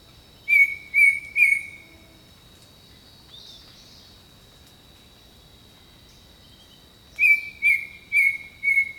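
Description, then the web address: Bird song: a group of three clear, slightly falling whistled notes, a pause, then four more, over a steady high hum. Jungle setting. "Echoes of Nature - Jungle Talk 01 Jungle Birdsong"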